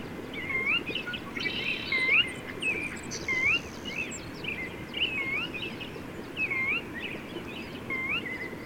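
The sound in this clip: Bird song: repeated upswept whistles roughly every 1.4 seconds amid busier chirping and buzzy sounds, over steady low background noise.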